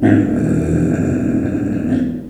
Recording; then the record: squeal of a Yucatan mini pig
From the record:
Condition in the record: after surgery on the right vocal fold (resection and tissue-engineered implant); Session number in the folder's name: 3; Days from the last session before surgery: 21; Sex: female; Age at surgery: 19 weeks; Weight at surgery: 25 kg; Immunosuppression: prednisolone